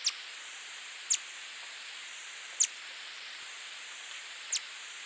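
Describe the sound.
Green-throated mango giving thin, sharp high chips at irregular intervals of one to two seconds, against a constant high hiss.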